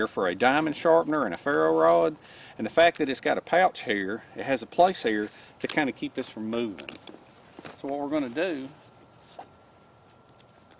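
Someone talks while handling a gear clip over the webbing of a Rothco tactical vest, with the pouch nearby, before the talk trails off into quiet rustling and a few faint ticks near the end. Nothing has seated or clicked yet; the first clip is still being handled and is not yet home on the vest.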